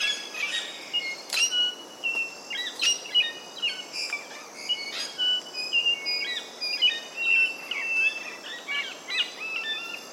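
Double-eyed fig parrot calls: many short, sharp high chirps and clipped whistles tumbling in quick irregular bursts, with a steady high background hiss throughout.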